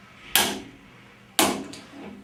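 A torque wrench set to 70 foot-pounds tightens a bearing nut on a collet holder with a simulated shank. A sharp click sounds at 0.4 s, followed by a second loud click at 1.4 s and a fainter one at 1.7 s. The wrench clicks at its setting, confirming the nut is torqued to 70 foot-pounds.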